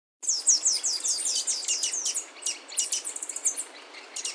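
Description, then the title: Bird song: fast tumbling series of very high, thin twittering notes and descending slurs, over steady background hiss. "LuckyPassaro Completos2Sama"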